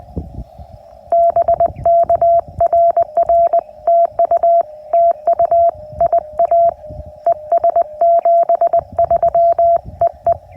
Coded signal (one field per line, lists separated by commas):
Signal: Morse code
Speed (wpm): 20 wpm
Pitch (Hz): 680 Hz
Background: radio noise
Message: BK RR TU TU IA ES 73 EE